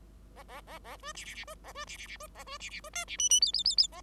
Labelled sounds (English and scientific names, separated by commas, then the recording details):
Bengalese Finch (Lonchura striata domestica) song
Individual Bird5